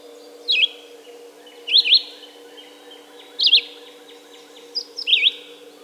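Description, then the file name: Red-eyed vireo song: short slurred whistled phrases, each about a third of a second, given roughly every one and a half seconds with pauses between, over a faint steady low hum. "red-eyed vireo song by jonathon jongsma"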